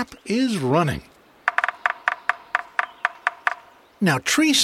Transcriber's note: Drumming of Yellow-bellied Sapsucker